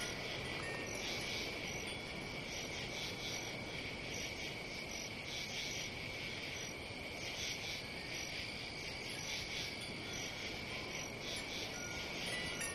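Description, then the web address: Crickets in a dense chorus: a steady high trill with rapid pulsed chirps repeating throughout. "сверчки"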